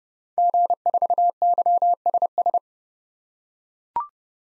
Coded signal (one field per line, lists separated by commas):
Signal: Morse code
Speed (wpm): 32 wpm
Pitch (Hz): 700 Hz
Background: none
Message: G4YSS